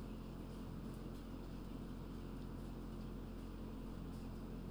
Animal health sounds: poultry house recording; healthy chickens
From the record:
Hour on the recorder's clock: 20

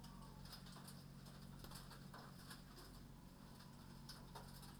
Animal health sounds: poultry house recording; healthy chickens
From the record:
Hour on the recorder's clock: 19

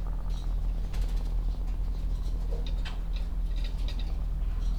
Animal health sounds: poultry house recording; sick chickens (respiratory disease)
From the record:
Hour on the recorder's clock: 16

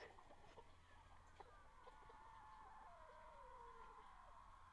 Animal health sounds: poultry house recording; healthy chickens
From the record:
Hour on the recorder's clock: 12

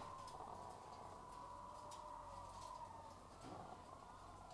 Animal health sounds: poultry house recording; sick chickens (respiratory disease)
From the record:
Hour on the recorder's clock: 12

